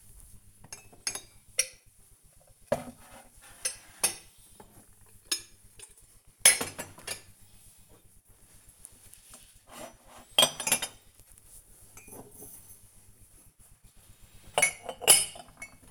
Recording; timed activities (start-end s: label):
household activities, microphone on the right wrist
0.00-15.91 s: putting away the dishes